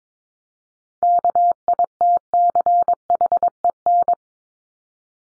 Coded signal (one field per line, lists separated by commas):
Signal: Morse code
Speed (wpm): 22 wpm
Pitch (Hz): 700 Hz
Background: none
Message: KITCHEN